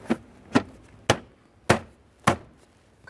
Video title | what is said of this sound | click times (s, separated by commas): How to Replace Cabin Air Filter 2013-2020 Ford Fusion | couple light Taps all the way around here making sure everything things properly secured | 1.1 s, 1.7 s, 2.3 s